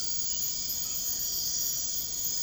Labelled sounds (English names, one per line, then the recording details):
none
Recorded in pastures near Puerto Asís, Putumayo, Colombia, on 13 March 2025 at 01:00
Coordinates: 0.502, -76.324
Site GP07